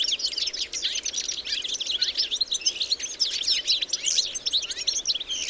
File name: Carduelis carduelis